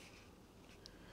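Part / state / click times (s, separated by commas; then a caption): roll-off film canister into motocross goggle frame / seated / 0.9 s. A plastic roll-off film canister, its grooves already engaged, is pressed down into the frame mount of 100% Accuri 2 Roll Off motocross goggles. Over quiet, steady low background noise, a single sharp snap is heard at 0.9 s as the canister seats in place.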